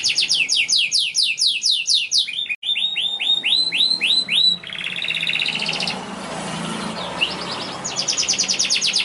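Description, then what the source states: Canary song: a fast run of whistled syllables, a brief break, more slurred notes, then a dry buzzing roll and a rapid high trill. Young canary song used as a lure and tutor song for training other canaries.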